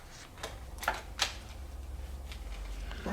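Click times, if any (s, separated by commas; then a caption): 0.9 s, 1.2 s. Plastic head armor is fitted onto the head of a 2021 Mattel MOTU Masterverse Revelation Battle Cat action figure, where the ears hold it in place. Two sharp plastic snaps are heard at 0.9 s and 1.2 s over a low steady hum, with a few faint handling taps around them. The armor snaps into place and stays on.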